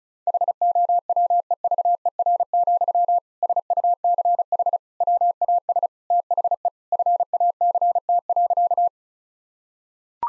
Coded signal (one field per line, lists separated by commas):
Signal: Morse code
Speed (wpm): 36 wpm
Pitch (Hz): 700 Hz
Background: none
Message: HOWEVER, SUCH WAS THE FACT.